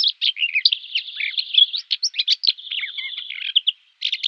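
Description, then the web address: Common whitethroat singing a sustained, busy warble of rough, chattering notes for nearly four seconds, then briefly starting another burst. "Schulze Peter Whitethroat song"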